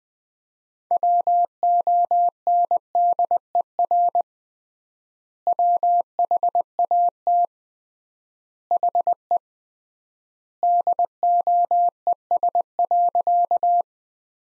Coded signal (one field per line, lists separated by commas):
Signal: Morse code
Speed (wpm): 20 wpm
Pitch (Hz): 700 Hz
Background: none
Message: WONDER WHAT HE DOES.